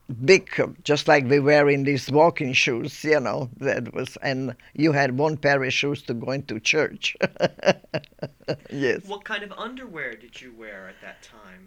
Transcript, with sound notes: big, just like we're wearing these walking shoes, you know, that was. And you had one pair of shoes to go into church. (she laughs)
What kind of underwear did you wear at that time?